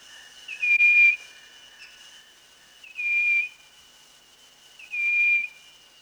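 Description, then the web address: Striped wren-babbler giving a pure, level whistled note with a brief upward lead-in, repeated about every two seconds, over a faint steady high insect drone and soft hiss. Recorded at Danum, Borneo, on 1 March 2008. "DANUM 20080301 striped wren-babbler"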